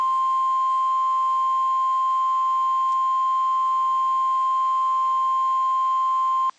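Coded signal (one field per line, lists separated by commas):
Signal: Emergency Alert System (SAME) tones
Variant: 1050 Hz attention tone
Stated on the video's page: Compilation of real EAS alerts received on one day.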